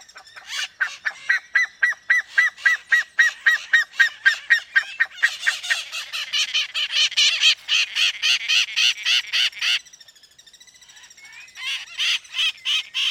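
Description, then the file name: Bird calling in a long rapid series of clipped, hoarse notes, roughly four per second, growing harsher, a brief pause, then resuming. "SABIOD 50 bird 2015"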